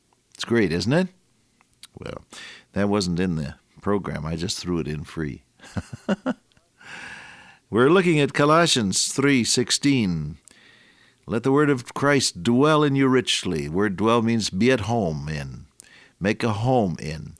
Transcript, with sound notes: It’s great, isn’t it? Well. That wasn’t in the program. I just threw it in free. [chuckle] We’re looking at Colossians 3:16, “Let the Word of Christ dwell in you richly” where dwell means be at home in, make a home in.